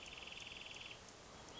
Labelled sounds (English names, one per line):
Wrentit